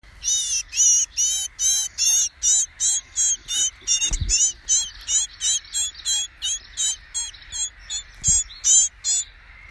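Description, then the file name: Eurasian blue tit giving harsh, buzzy notes repeated steadily about two to three per second throughout, over a steady background hum and occasional knocks. "Cyanistes caeruleus"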